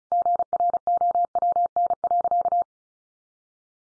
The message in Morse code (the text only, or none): GROWN.